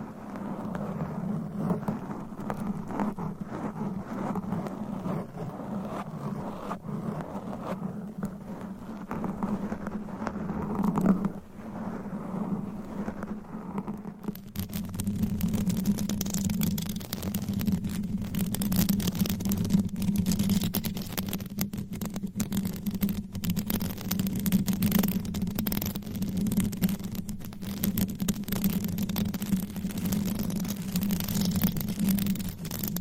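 Mic scratching: rough, crackling rubs and scrapes run the whole time over a steady low hum. Around the fourteen-second mark the scratching turns brighter and denser, with quick rasping strokes continuing to the end.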